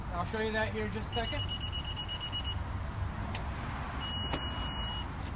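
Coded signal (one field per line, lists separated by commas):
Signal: none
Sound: a car's confirmation beeps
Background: speech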